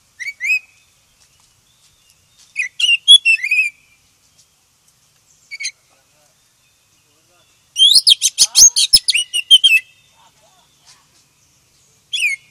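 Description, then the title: Oriental magpie-robin song: short bursts of sweet whistled and chirping notes, pausing between phrases, with a longer rapid chattering run near the end and a final brief phrase. "KACER HITAM"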